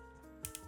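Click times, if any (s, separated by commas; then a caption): 0.5 s. The stroke adjustment dial on a metal wireless adjustable-stroke Dragonhawk tattoo pen is turned until it snaps into its locked detent, one of the lock positions at the 2.4 and 4.2 settings. Over a steady tonal background hum, the loudest, sharpest snap lands at 0.5 s, followed by a quieter click at 0.6 s. The dial is seated in its locked position.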